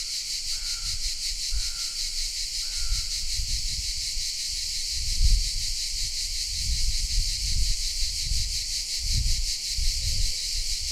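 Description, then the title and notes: Cicadas buzz continuously; short hoarse calls near the start and repeated low rumbling thuds and rustles fill the lower range. Recorded in shade of pine trees in the park of the Certosa di Padula, Italy; mainly cicadas with crows also present; Zoom H6 with MS capsule. "Cicale nel parco della Certosa. Registrazione all'ombra dei pini nel parco della Certosa di Padula. Principalmente biofonie prodotte da cicale e corvi"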